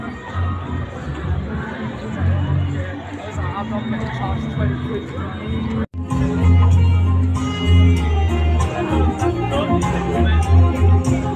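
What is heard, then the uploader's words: A large street crowd chatters in a dense, steady babble of overlapping voices, briefly cutting out near six seconds before resuming slightly louder. It's been a week since I spent a day in the downtown area, an experience that turned out to be a true urban life festival. The weather was in our favor, providing a sunny day that drew a large crowd into the streets. The streets were bustling from all sides.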